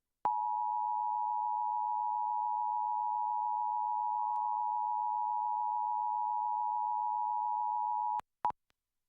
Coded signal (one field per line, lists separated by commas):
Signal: Emergency Alert System (SAME) tones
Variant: 853 and 960 Hz attention tone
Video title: San Francisco's Monthly Test on KGO-TV (7/9/2024) (EAS #130)